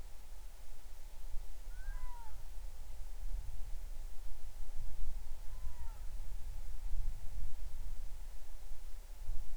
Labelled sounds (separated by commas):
bird